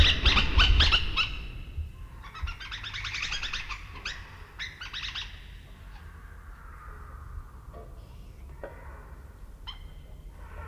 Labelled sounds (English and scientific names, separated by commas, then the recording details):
Kinkajou (Potos flavus) call
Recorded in captivity
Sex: female
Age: adult
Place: Zoo Halle, Sachsen-Anhalt, DE
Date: 1977-09-06 13:00
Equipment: Nagra SN, Kopie Uher Variocord
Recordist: Tembrock, Günter
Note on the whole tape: Laute eines Weibchens gegenüber Pflegerin während der Fütterung. Abstand ca. 1 m